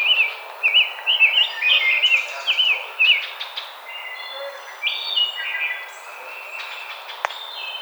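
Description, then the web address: Rose-breasted grosbeak singing a quick series of sweet, rising and falling whistles, then quieter high whistles and chirps from other birds. Recorded 5 May 2007. "Rose-breasted Grosbeak 2007 05 05 Rose-breasted Grosbeak"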